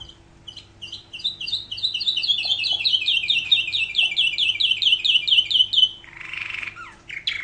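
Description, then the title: Canary song: a long, even trill of high, clipped notes repeated several times a second for about five seconds, ending in a burst of hissy noise and chirps. "Kenari"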